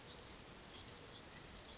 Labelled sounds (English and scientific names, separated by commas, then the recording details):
Bewick's Wren (Thryomanes bewickii)
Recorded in Sonoma County, California